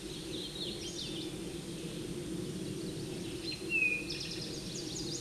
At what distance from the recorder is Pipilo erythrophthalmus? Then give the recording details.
about 10 m. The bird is about 5 m above the microphone. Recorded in a Pennsylvania forest on 16 May 2024 at 09:46. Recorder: AudioMoth, point MSD-2163. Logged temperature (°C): 16.1 °C. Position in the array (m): 176 m, 124 m